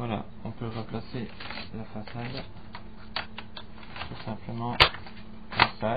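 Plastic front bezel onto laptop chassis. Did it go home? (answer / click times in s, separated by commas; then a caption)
yes / 3.2 s, 3.4 s, 3.6 s. Someone talks while the plastic front bezel of an Acer 7736 laptop is put back onto the chassis and pressed down. Its clips snap into place in a quick series of sharp clicks at 3.2, 3.4 and 3.6 s, and the bezel is seated and clipped in well.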